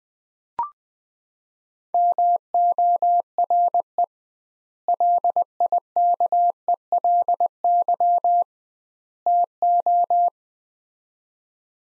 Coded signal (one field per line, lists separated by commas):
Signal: Morse code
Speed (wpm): 20 wpm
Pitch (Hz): 700 Hz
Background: none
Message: MORE LIKELY TO